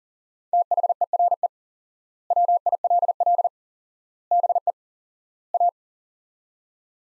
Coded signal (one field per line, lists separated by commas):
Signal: Morse code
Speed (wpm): 37 wpm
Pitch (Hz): 700 Hz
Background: none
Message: THERE WILL BE A